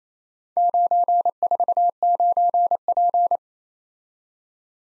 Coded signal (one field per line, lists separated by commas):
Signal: Morse code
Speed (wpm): 28 wpm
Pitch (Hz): 700 Hz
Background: none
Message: 949P